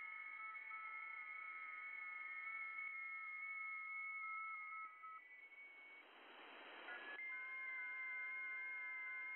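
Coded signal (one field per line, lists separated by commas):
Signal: FT8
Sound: several soft overlapping pure tones warbling slightly in pitch, broken by a hiss burst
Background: radio static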